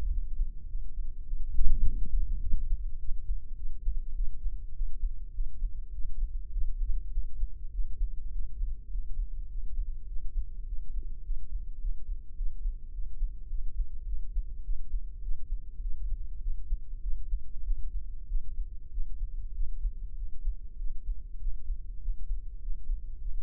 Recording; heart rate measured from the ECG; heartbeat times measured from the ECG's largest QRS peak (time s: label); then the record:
heart sounds by microphone in the left ear; 101 bpm
0.12 s: heartbeat
0.70 s: heartbeat
1.28 s: heartbeat
1.86 s: heartbeat
2.43 s: heartbeat
3.01 s: heartbeat
3.58 s: heartbeat
4.17 s: heartbeat
4.76 s: heartbeat
5.35 s: heartbeat
5.94 s: heartbeat
6.54 s: heartbeat
7.14 s: heartbeat
7.74 s: heartbeat
8.34 s: heartbeat
8.93 s: heartbeat
9.51 s: heartbeat
10.09 s: heartbeat
10.67 s: heartbeat
11.25 s: heartbeat
11.82 s: heartbeat
12.38 s: heartbeat
12.94 s: heartbeat
13.51 s: heartbeat
14.08 s: heartbeat
14.66 s: heartbeat
15.24 s: heartbeat
15.83 s: heartbeat
16.43 s: heartbeat
17.04 s: heartbeat
17.66 s: heartbeat
18.30 s: heartbeat
18.93 s: heartbeat
19.56 s: heartbeat
20.18 s: heartbeat
20.80 s: heartbeat
21.41 s: heartbeat
22.03 s: heartbeat
22.63 s: heartbeat
23.22 s: heartbeat
From the record:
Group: healthy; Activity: cold pressor test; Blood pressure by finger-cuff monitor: 174/100 mmHg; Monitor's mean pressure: 120 mmHg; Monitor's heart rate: 102 bpm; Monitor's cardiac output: 7.7 L/min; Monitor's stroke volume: 76 mL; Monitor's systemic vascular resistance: 1180 dyn s/cm5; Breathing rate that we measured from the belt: 17 breaths a minute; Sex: male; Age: 21 years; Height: 175 cm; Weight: 72.6 kg